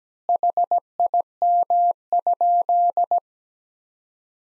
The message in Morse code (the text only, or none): HIM?